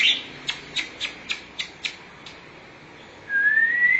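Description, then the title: Oriental magpie-robin giving a series of short high ticking notes, about four per second, then a long rising whistle. Chirping song (kicauan) of the bird. "Suara Kicauan Burung Kacer Durasi Panjang"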